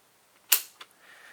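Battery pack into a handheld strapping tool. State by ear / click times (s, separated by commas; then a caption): partly seated / 0.5 s. A battery pack is slid into a Signode BXT-3 handheld battery-powered strapping tool, and a sharp click is heard at 0.5 s, followed by fainter ticks. This first click means the battery is engaged but not fully home; it still needs a second press and click to be fully seated.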